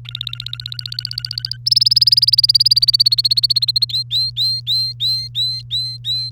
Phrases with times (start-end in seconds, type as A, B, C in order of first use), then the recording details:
0.05-1.57 A, 1.66-3.85 B, 3.89-6.30 C. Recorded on 3 May 2018 at 06:26. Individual llb3